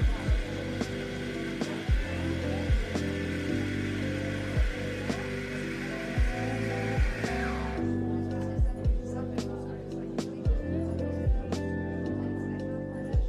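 Coffee shop ambience carried by music with a steady, regular beat and a low, repeating bass line. A bright hissing wash of background noise and murmur sits over it until about the eighth second, then drops away, leaving the beat and bass clearer.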